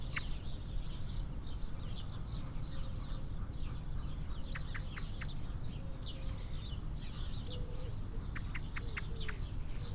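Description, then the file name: Eurasian blackbird giving hard clicking call notes, singly and in short bursts, with a steady background of high twittering birds and a few low notes. "Turdus merula"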